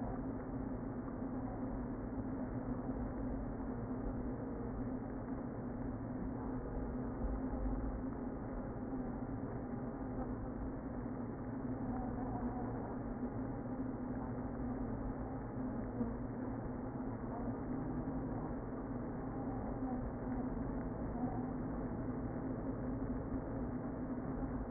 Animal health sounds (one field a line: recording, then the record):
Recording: honeybee colony, microphone inside the hive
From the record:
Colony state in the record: queen present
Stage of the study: before two queens were removed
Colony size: about 60,000 bees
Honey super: yes